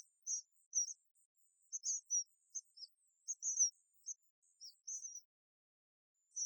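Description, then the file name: House sparrow chirps, high and abrupt, coming in uneven clusters of two or three notes with short pauses, a faint artificial tone faintly present. "Passer domesticus"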